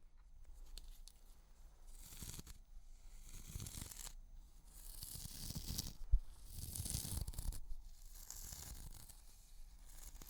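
Makeup cleansing: soft, hissy wiping and rubbing strokes come in uneven bursts, with low muffled thuds beneath them. Quieter gaps separate the strokes, which grow busier in the second half. A single sharp tap lands around six seconds.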